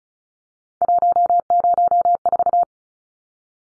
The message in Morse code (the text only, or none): 104